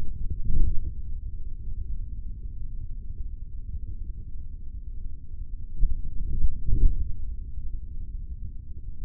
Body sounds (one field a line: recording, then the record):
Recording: forearm muscle sounds (acoustic myography)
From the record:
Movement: forearm supination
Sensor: system 3, bracelet of six PUI Audio POM-2738L microphones around the upper forearm, with dedicated amplification and filtering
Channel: 1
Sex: male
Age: 56 years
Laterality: right